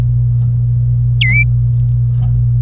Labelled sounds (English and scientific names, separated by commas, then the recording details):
Domestic Canary (Serinus canaria) song
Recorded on 26 April 2018 at 13:01
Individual llb3